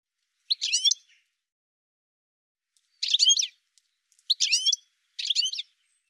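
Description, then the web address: Bird giving short, harsh chirping calls, one alone and then three in quick succession a couple of seconds later, against a silent background. "cianscape birddata Deverinetal 2025 File cleaned normalized Bird"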